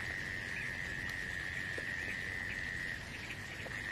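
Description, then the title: Insect song, an unbroken high-pitched steady trill holding the same pitch for the whole stretch, over a faint low rumble. "《虫虫奏鸣曲》 你听过虫子的歌唱吗？倾听大自然的天籁之音"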